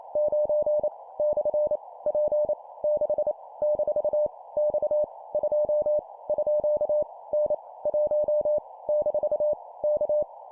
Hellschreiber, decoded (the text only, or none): none